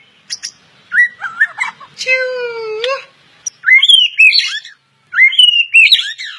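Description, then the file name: White-rumped shama song of loud varied whistles: warbled phrases, a long low note with overtones, then bright warbled phrases with short pauses between. Bornean form; full song with 'tembakan' phrases. "Suara Borneo Full Tembakan"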